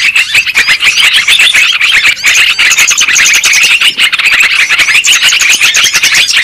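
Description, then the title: Lovebirds give a steady stream of sharp, high twittering chirps mixed with thin squeaks, many birds calling at once. Lure sound used for trapping lovebirds. "PIKAT BURUNG LOVEBIRD"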